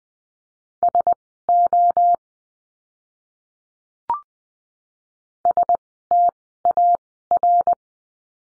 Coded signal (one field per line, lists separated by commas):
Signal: Morse code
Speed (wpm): 20 wpm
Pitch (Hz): 700 Hz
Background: none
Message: SO STAR